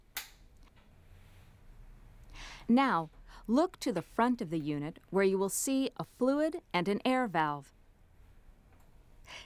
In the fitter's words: make sure you hear a click to ensure connection is secure